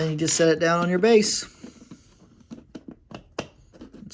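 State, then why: Seated. Someone talks as a 3D-printed satellite dish terrain piece with LED wiring is set down onto its plastic base and pressed in, with a few light taps and scrapes of handling. A sharp snap at 3.4 s marks the piece seating into the base.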